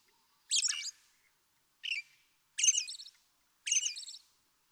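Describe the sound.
American robin giving four short warbled song phrases, the second briefer and softer, separated by brief pauses in quiet surroundings.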